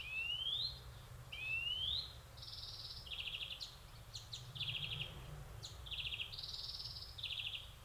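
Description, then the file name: European greenfinch calls: two rising whistled notes, then a run of short chattering trills and a few sharp clicks, repeated in irregular bursts. "Chloris chloris"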